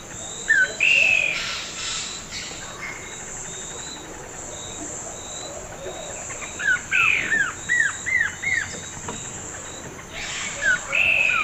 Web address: S America Eastern Lowlands Cercomacra nigrescens, duet